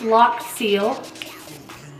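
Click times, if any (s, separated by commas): 1.7 s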